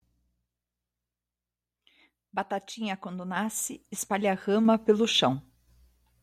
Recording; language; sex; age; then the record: short text; Brazilian Portuguese; female; 50 to 59 years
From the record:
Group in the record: control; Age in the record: 55 years